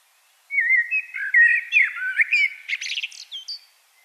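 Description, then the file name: Common blackbird with a continuous flowing warble of low fluty notes, shifting into a higher chattering, squeaky twitter at the end. "Turdus merula"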